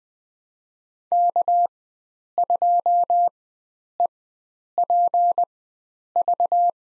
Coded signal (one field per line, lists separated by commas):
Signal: Morse code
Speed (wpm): 21 wpm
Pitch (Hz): 700 Hz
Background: none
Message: K2EPV